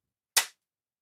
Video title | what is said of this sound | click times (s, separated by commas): InsertionRail with BasicClip on trapezoidal sheet metal | you hear a click, | 0.4 s